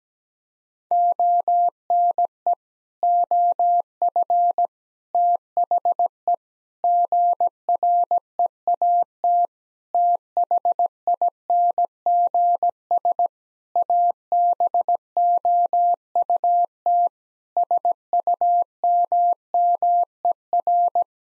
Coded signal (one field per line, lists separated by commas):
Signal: Morse code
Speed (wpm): 17 wpm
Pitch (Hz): 700 Hz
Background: none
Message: ONE OF THE GREAT THINGS ABOUT SUMMER